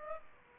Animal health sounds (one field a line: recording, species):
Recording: mosquito wingbeat signal from an infrared sensor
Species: Aedes aegypti